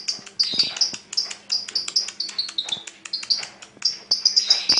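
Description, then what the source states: Oriental magpie-robin song, loud and rapid: dense sweet whistled chirps and twitters in quick succession, with faint clicks in the background. Singing (kicau).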